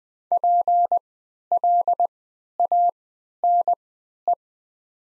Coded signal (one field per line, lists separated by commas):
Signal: Morse code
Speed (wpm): 20 wpm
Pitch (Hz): 700 Hz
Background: none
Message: PLANE